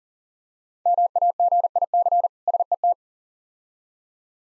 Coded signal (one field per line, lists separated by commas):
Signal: Morse code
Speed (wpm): 42 wpm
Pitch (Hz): 700 Hz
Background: none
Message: MAGIC SET